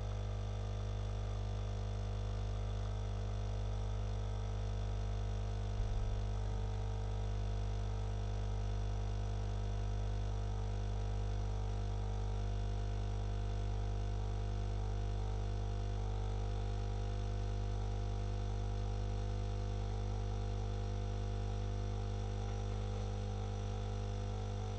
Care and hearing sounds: daily activity, microphone in the room; make coffee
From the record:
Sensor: 4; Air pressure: 991.6 hPa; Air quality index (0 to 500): 131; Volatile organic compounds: 43 ppm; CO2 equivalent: 3200 ppm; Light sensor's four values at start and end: 17/55/21/20 and 17/54/20/20

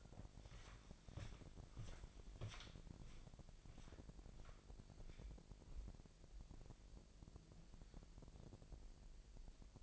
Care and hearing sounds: daily activity, microphone in the room; walk to room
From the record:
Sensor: 5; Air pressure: 1002.1 hPa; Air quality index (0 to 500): 249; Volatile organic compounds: 7 ppm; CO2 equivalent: 2022 ppm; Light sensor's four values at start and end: 32/74/31/32 and 32/75/30/32

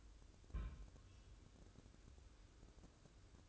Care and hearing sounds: daily activity, microphone in the room; place on stove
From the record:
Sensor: 2

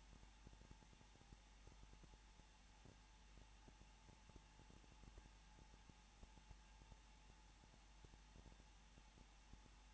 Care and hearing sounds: daily activity, microphone in the room; no activity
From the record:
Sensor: 1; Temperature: 20.2 degrees Celsius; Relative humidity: 35.7%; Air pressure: 994.5 hPa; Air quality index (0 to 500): 182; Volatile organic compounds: 7 ppm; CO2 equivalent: 1997 ppm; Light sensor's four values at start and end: 1/2/1/1 and 1/2/1/1

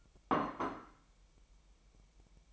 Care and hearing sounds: daily activity, microphone in the room; place plate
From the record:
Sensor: 1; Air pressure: 1002.1 hPa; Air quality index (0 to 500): 243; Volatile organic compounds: 48 ppm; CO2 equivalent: 3274 ppm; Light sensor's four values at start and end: 8/28/10/11 and 8/28/10/11

